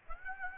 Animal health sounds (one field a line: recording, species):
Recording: mosquito wingbeat signal from an infrared sensor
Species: Aedes aegypti